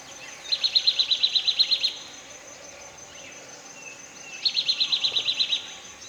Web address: Indian Nuthatch Sitta castanea. indian nuthatch call